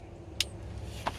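A rear camera cable plug is pushed into its port on a VIOFO A139 triple-channel dash cam, and a sharp, bright click at 0.4 s shows it seated. A softer, lower knock follows at 1.1 s over a steady low hum.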